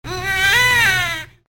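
A single high-pitched infant wail of about one and a quarter seconds, clear and tonal, swelling slightly in the middle before trailing off. It is an ordinary baby cry, with a faint low hum underneath.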